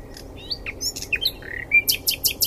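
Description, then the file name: Common nightingale song, a fast jumble of rising and falling whistled notes ending in a series of sharp, rapidly repeated high clicks. "Luscinia megarhynchos"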